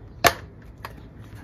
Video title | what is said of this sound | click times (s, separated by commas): Which one works best? Will they heat your car? 12 Volt Car Heater Comparison. | And make sure it clicks, | 0.3 s